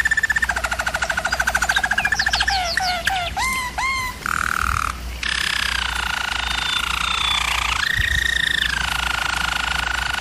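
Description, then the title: German Roller canary song: a fast pulsing trill, several quick swooping notes, then smooth continuous rolls that rise and fall. German Roller canary singing, used for canary song training. "German Roller Canary Singing - Canary Training Vid"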